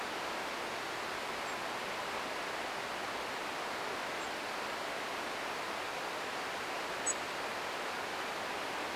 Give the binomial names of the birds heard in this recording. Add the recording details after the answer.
Erithacus rubecula. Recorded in France